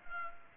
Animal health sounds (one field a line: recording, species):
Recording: mosquito wingbeat signal from an infrared sensor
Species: Culex pipiens